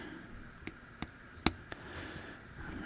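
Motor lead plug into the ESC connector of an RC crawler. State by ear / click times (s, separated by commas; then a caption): seated / 1.5 s. The motor lead plug of an Axial SCX24 RC crawler undergoing a brushless conversion is pushed into its mating connector on the ESC. Soft ticks come at about 0.7 s, 1.0 s and 1.7 s, and the loudest sharp click at 1.5 s is the connector seating. The plug clicks in and is fully seated.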